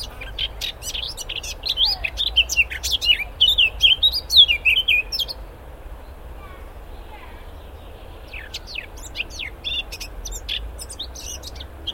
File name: Sylvia atricapilla